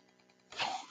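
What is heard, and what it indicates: A brief breathy rush of air rises out of near silence and fades within about half a second. It is the airflow cycle of a home mechanical ventilator supporting breathing.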